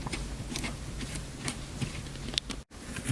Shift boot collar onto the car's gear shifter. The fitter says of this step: once you have it all the way down you just pull up on it snaps right into place and